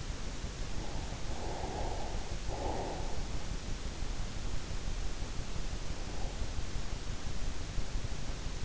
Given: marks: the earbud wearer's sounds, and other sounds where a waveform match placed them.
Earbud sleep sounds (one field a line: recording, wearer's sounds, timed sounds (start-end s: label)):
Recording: sounds in sleep by an in-ear microphone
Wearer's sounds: breath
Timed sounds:
1.41-3.73 s: breath